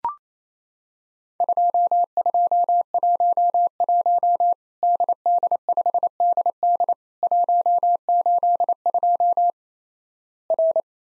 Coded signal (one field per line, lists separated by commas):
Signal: Morse code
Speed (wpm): 28 wpm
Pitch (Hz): 700 Hz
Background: none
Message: 2211 DD5DD 182 R